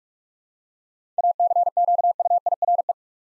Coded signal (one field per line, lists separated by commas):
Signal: Morse code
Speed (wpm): 46 wpm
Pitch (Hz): 700 Hz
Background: none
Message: ACQUIRE